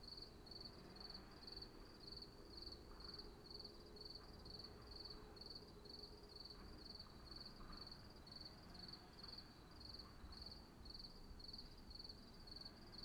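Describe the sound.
Cricket chirps, brief buzzy pulses repeated about twice per second in an even rhythm over a low, steady background rumble.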